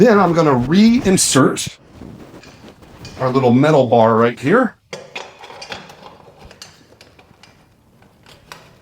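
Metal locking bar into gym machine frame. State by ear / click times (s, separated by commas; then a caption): not seated / none. A small metal bar is being reinserted into the frame of a back extension / hip thrust machine after its front pad has been extended all the way out. Someone talks, then sharp metallic taps and light clattering of the bar being handled follow. Nothing has seated or clicked into place yet.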